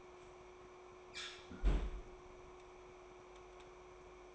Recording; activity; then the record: daily activity, microphone in the room; close fridge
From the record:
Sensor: 1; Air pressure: 1004.6 hPa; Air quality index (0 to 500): 192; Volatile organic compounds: 16 ppm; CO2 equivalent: 2545 ppm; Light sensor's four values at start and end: 5/11/4/4 and 5/11/4/4